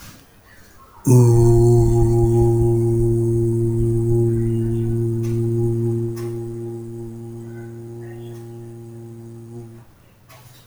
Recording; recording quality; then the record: sustained vowel as in boot; excellent, no background noise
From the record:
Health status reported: healthy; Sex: male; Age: 37 years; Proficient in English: yes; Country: India